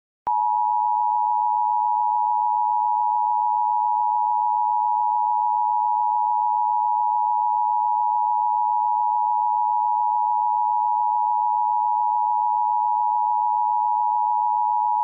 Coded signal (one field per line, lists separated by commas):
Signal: Emergency Alert System (SAME) tones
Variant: 853 and 960 Hz attention tone